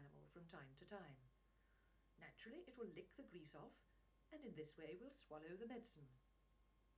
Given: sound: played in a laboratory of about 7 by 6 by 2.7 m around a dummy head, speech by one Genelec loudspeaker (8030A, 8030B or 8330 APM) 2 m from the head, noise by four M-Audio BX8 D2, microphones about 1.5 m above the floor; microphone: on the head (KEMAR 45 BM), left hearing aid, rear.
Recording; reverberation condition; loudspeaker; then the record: female speech in English; low; 60 degrees to the left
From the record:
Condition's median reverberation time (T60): about 310 ms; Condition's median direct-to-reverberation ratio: about 3.5 dB